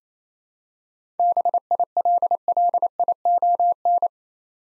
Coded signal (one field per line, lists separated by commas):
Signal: Morse code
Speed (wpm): 28 wpm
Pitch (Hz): 700 Hz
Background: none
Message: BILLION